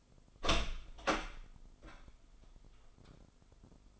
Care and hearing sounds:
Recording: daily activity, microphone in the room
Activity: open door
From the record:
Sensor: 5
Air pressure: 996.3 hPa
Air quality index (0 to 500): 33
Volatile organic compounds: 1 ppm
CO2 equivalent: 576 ppm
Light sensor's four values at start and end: 43/101/42/44 and 43/101/42/44

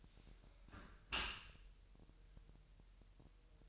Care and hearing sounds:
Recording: daily activity, microphone in the room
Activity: close dishwasher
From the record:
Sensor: 2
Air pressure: 1000.6 hPa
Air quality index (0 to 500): 246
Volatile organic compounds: 91 ppm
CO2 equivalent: 3694 ppm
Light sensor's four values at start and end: 9/22/9/9 and 9/22/9/9

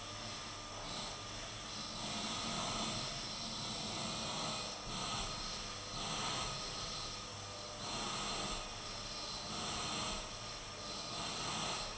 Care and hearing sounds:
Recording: daily activity, microphone in the room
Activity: vacuum cleaning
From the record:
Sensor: 4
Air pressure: 991.8 hPa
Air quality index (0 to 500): 113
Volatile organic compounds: 20 ppm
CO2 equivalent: 2690 ppm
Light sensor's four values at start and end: 19/63/23/24 and 19/63/23/24

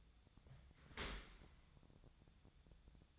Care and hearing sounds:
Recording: daily activity, microphone in the room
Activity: open dishwasher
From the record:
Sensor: 3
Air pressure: 1006.9 hPa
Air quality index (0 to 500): 206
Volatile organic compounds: 18 ppm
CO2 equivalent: 2629 ppm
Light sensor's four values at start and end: 10/25/10/10 and 10/25/10/10

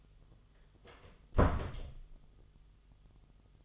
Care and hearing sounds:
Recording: daily activity, microphone in the room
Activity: close door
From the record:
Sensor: 4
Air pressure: 1005.8 hPa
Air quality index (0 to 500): 91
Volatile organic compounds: 2 ppm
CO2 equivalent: 1120 ppm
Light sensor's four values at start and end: 13/29/11/11 and 13/30/12/11

